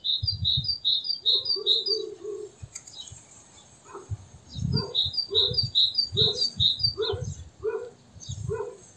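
Great tit giving two rapid series of sharp high notes with a quieter pause between; lower clucking pulses and soft thuds continue underneath.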